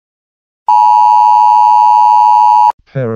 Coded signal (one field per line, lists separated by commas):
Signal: Emergency Alert System (SAME) tones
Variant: 853 and 960 Hz attention tone